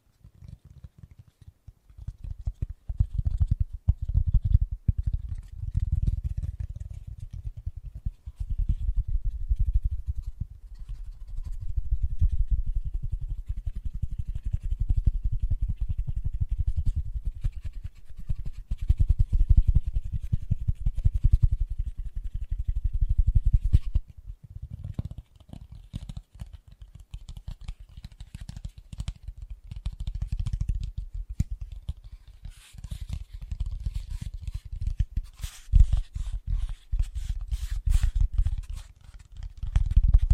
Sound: Fast & Gentle Tapping